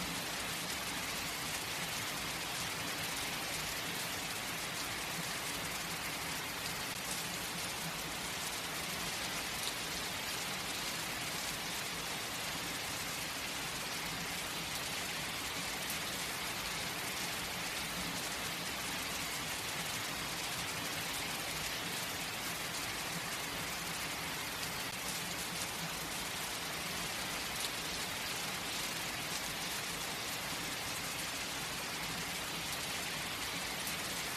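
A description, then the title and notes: Heavy rain pours steadily for the whole stretch, a dense, bright hiss with no pauses or swells. Beneath it a faint low rumble holds, perhaps distant traffic, while the downpour stays close and even from start to finish. STRONG RAIN at night 1 hours. Powerful, night rain, sounds of heavy rain.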